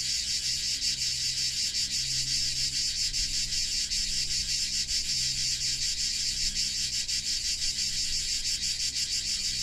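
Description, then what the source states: Cicadas singing, a continuous shrill buzzing drone with fast irregular pulsing, with a faint low hum beneath it. Cicadas singing in summer in Provence; song described as soothing, distinctive and regular.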